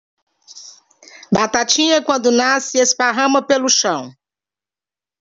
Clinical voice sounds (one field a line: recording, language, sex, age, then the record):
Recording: short text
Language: Brazilian Portuguese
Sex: female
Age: 50 to 59 years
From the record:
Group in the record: control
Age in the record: 52 years